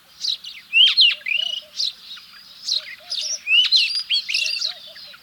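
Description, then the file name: Black scrub robin delivering short bursts of clear whistled notes and chirps, each phrase separated by brief gaps; a faint low piping sound recurs underneath. Recorded in Saudi Arabia on 5 February 2011. "Black Scrub Robin Saudi Arabia 05 02 2011 © Abdul Rahman Al-Sirhan"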